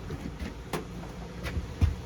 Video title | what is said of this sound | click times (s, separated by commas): 2013 Rockwood 2902SS. Stock# 12978A | closing it back up you're just pressing it back in until it clicks and that's that | 0.7 s